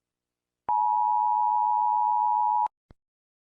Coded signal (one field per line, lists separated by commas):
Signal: Emergency Alert System (SAME) tones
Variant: 853 and 960 Hz attention tone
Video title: EAS Scenario 1: Slender man’s rampage (LEGACY)